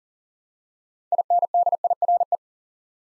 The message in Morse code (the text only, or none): INDIRE